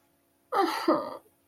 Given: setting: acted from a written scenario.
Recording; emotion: vocal sound without words; guilt